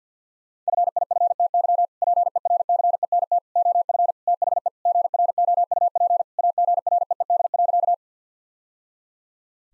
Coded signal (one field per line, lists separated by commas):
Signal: Morse code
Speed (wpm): 50 wpm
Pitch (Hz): 700 Hz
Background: none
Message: FIFTY PERCENT OF THE GROUP AGREED.